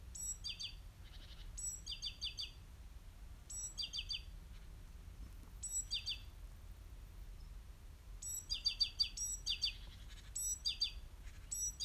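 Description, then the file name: Great tit calls: short groups of a thin high note dropping into several buzzy, chattering lower notes, repeated at irregular intervals, with low background rumble. "Parus major"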